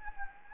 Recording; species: mosquito wingbeat signal from an infrared sensor; Anopheles gambiae